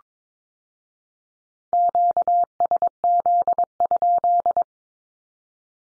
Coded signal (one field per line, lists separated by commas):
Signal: Morse code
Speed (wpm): 22 wpm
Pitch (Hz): 700 Hz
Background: none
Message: QSZ?